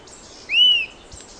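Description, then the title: Bird giving a single clear whistled note that rises then falls, lasting about a third of a second, with a faint hiss behind. "LuckyPassaro Completos2Sama"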